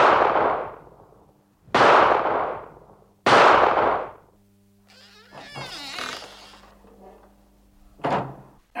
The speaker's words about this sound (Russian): Стреляют как будто прямо в дверь.